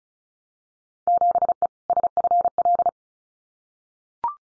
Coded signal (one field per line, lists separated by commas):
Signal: Morse code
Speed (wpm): 34 wpm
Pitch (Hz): 700 Hz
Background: none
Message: 7E SFL